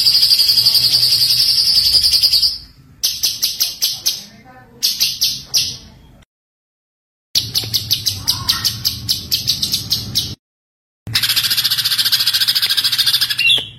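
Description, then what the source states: White-eye song in repeated rapid high trills, some phrases stuttering and others long and steady, separated by sudden gaps. Masteran (tutor recording) of a gacor, continuously singing white-eye, with full tembakan bursts.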